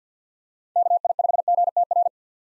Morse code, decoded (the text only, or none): KI5GTR